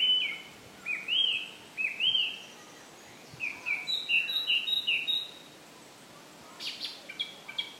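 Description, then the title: Bird song, looping rising-and-falling whistled notes followed by a rapid run of chirps and a few more notes at the end. Ross Island, County Kerry, Ireland. "爱尔兰凯里罗斯岛罗斯岛鸟儿的声音"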